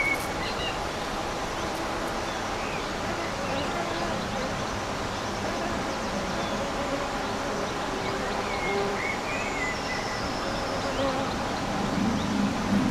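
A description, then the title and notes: A summer garden with a steady, dense hum of insects and the soft buzz of bees drifting close and away. Faint bird chirps flicker higher up now and then, and a low rumble sits underneath throughout, as if from traffic. Experience the magic of an almost windless summer day. Birds sing their sweet melodies. The occasional gentle buzz of a passing bee.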